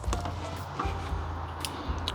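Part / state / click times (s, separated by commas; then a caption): laptop case screw in the laptop chassis / stripped / 0.1 s, 0.8 s, 1.6 s, 2.1 s. A screwdriver bit tries to loosen an over-tight small case screw in the chassis of a used Lenovo ThinkPad T14 laptop, over a steady low hum. The bit slips and cams out with sharp metallic ticks at 0.1, 0.8, 1.7 and 2.1 seconds. The screw head is stripped.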